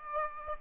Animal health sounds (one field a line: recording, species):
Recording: mosquito wingbeat signal from an infrared sensor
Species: Aedes aegypti